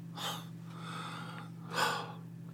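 Two muffled, distant sneezes from a young boy upstairs, faint over a steady low electrical hum.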